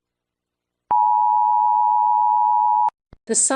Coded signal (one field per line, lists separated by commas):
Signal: Emergency Alert System (SAME) tones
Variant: 853 and 960 Hz attention tone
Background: speech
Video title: EAS alert: the sun has fallen